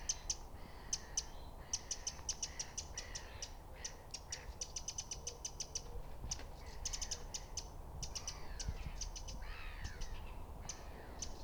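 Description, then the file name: Eurasian wren uttering rapid, hard ticking calls in uneven bursts, at times merging into rattles, with faint softer bird notes and a low rumble beneath. "Troglodytes troglodytes"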